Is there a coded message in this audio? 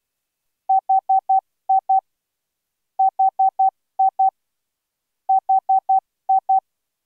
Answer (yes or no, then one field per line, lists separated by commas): no